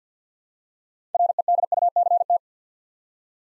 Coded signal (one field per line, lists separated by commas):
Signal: Morse code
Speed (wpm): 48 wpm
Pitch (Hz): 700 Hz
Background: none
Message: REDUCT